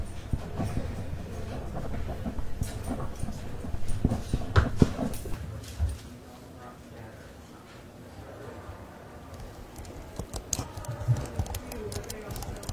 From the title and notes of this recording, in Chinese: 公共图书馆沉浸式学习 图书馆环境音 打字声 写字翻书。